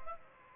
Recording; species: mosquito wingbeat signal from an infrared sensor; Aedes aegypti